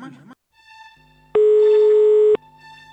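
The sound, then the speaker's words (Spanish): A brief voice speaks, then a single loud, steady phone ringing tone of an outgoing call sounds for about a second over a faint background hum. “Agarra ese teléfono y llamá.”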